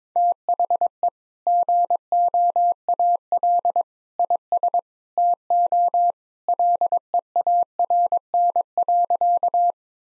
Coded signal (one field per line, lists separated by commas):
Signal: Morse code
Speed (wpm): 22 wpm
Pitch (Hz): 700 Hz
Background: none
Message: THE GOAL IS TO LEARN.